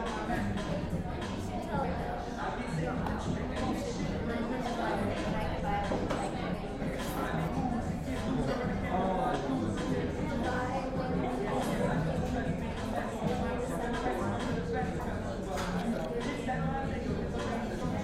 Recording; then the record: background sound without coughing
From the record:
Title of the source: 60 minutes of coffee shop sounds for study and concentration